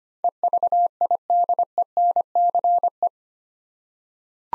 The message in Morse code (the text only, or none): EVIDENCE